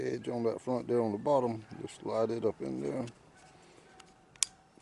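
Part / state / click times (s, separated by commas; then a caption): pellet magazine into air rifle breech / seated / 4.4 s. Someone talks while a loaded rotary pellet magazine is slid up into the breech of a Gamo Swarm Maxxim air rifle from its bottom front edge. After the talking stops, faint ticks follow, then the magazine is pushed down and a sharp click at 4.4 s seats it in place, ready for 10 shots.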